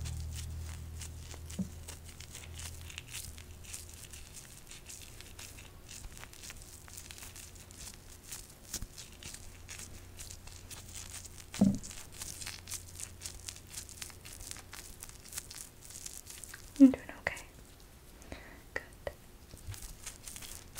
Spoolie nibbling, Inaudible whispering, up close